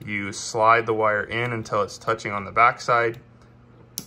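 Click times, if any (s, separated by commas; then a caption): 4.0 s. Someone talks while a wire is slid into an open lever-nut splice connector until it bottoms out against the back. The connector's plastic lever tab is then snapped down with a sharp click at 4.0 s, locking the wire in place so it cannot be pulled apart.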